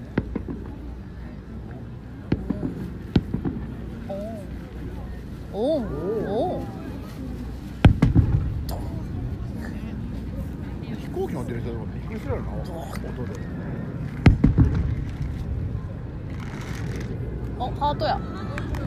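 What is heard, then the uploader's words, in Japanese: Fireworks go off over a steady murmur of a crowd talking. Sharp bangs stand out around 2 and 3 seconds, a louder burst near 8 seconds, and a quick pair near 14 seconds, with voices chattering and a low rumble throughout. 花火大会。花火の音とみんなのざわざわ音。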